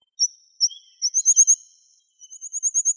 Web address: Anthus trivialis